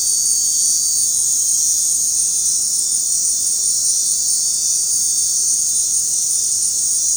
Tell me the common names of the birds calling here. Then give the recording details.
none. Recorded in dense forest near Puerto Asís, Putumayo, Colombia, on 21 February 2024 at 19:00. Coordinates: 0.503, -76.322. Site G6418